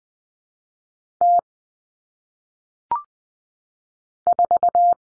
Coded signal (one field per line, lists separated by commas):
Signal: Morse code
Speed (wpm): 20 wpm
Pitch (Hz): 700 Hz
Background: none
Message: T 4